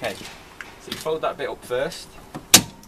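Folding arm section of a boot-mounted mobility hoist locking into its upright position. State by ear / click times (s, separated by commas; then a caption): seated / 2.5 s. Someone talks while the folding arm section of a boot-mounted wheelchair/scooter mobility hoist fitted into a 2007 Mazda 3 is folded up into its upright position. A sharp, loud click at 2.5 s marks the section locking into place, with a few faint knocks around it.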